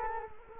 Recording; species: mosquito wingbeat signal from an infrared sensor; Culex quinquefasciatus